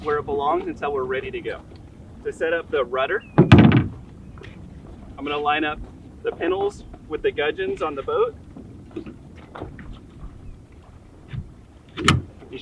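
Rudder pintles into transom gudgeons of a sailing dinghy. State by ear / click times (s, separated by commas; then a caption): seated / 12.1 s. Someone talks while lining up a rudder's pintles with the gudgeons on the transom of a Laser sailing dinghy, with a loud knock near 3.5 s and a few soft taps after. The rudder is pushed down, and its retaining lock clicks home at 12.1 s, seating it so it won't fall off.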